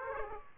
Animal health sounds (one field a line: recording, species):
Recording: mosquito wingbeat signal from an infrared sensor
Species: Aedes aegypti